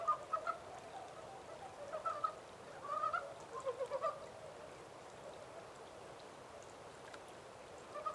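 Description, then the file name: Montane brown frog calls: short, harmonic clucking croaks in scattered bursts, a few quick notes each, with long pauses and a steady background hiss. Recorded 14 April 2010. "yamaakagaeru-20100414"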